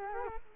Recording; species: mosquito wingbeat signal from an infrared sensor; Culex quinquefasciatus